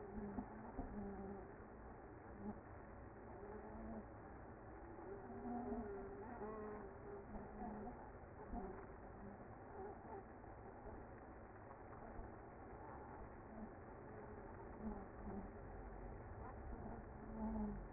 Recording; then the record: honeybee colony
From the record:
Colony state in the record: active